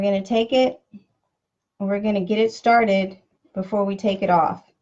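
A plastic zip tie is being started around a bow on a bow maker's center pegs, with its tail fed toward the ratchet head, while someone talks through most of the clip. Only a brief faint sound is heard near 0.9 s. Nothing has seated or clicked yet.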